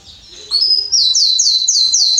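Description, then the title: Belgian canary song: a soft opening, then a fast series of bright, repeated high trills in even pulses. Male Belgian canary singing a lot, played to warm up young canaries; song style called salsa estourado. "Esquente Seu Filhote E Canario Belga Em 30 Minutos Macho Cantando Muito. Canrio Belga Salsa Estourado - Esquente em 30 minutos"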